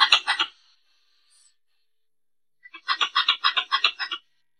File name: tieng soc cai bung do keu chuan nhat